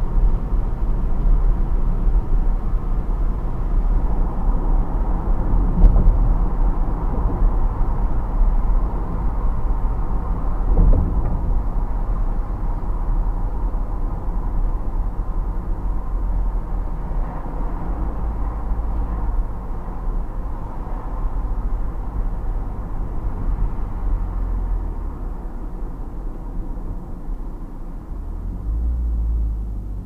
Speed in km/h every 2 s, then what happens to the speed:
70, 68, 70, 68, 70, 66, 64, 62, 59, 57, 55, 51, 48, 40, 38.
0-8 steady at about 70. 8-30 slows to 38.